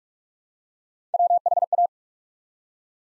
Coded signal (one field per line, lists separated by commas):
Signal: Morse code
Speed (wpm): 44 wpm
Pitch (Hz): 700 Hz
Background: none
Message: WHA